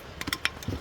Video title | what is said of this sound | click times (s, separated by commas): How to replace crank sensor P1335 infiniti maxima 3.0 | soon you hear that click pop | 0.5 s